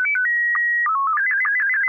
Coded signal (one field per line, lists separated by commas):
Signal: SSTV (slow-scan television)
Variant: Scottie 1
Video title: How to build a cheap simple Radio Base with a (Baofeng) handheld transceiver and a SDR dongle